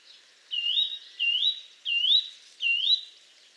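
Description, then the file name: Eurasian nuthatch calling with four loud upslurred whistles, evenly spaced. "Sitta europaea"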